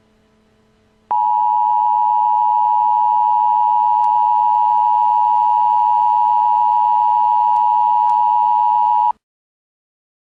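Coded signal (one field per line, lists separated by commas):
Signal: Emergency Alert System (SAME) tones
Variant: 853 and 960 Hz attention tone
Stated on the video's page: Fake EAS alert made as a prank.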